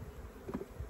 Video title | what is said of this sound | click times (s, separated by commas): Le 2ème miracle d’une autre ruche oubliée. | c'est clipsé sur le fil. Et voilà. | 0.5 s